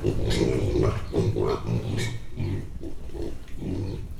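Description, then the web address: Mangalica piglets giving a run of harsh, growl-like grunts, rough low notes following in rapid succession. Ten-week-old premium Mangalica piglets at Hortobágy National Park, April 2013. "allathangok hortobagyinemzetipark 2013 premium mangalica 10 hetesek visitas femtal 2013 aprilis"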